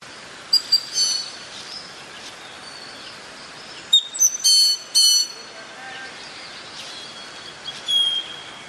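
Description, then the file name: Greater Antillean grackle giving clipped, bright metallic notes and short harsh bursts in irregular groups, then a thin high whistle near the end over a steady hiss. "Koshlar tavyshy - Antil grakly Quiscalus niger"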